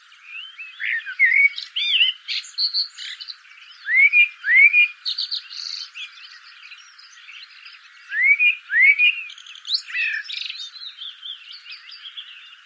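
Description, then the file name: Common blackbird singing paired rising fluted notes with high squeaky chatter, twice, amid continuous high twittering. "Turdus merula"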